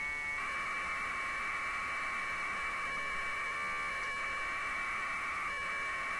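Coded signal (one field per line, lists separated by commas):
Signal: packet radio (AX.25, as in APRS)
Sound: steady harsh warbling data tone lasting about six seconds, with no breaks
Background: background hiss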